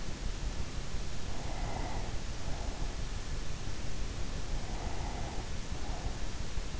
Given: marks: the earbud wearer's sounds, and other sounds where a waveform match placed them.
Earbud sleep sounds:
sounds in sleep by an in-ear microphone; breath
1.07-3.36 s: breath
4.16-6.53 s: breath

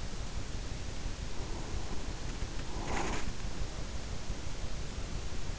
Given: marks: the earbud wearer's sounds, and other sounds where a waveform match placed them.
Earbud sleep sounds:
sounds in sleep by an in-ear microphone; breath
1.13-3.86 s: breath
2.11-3.37 s: sound from someone else or the room

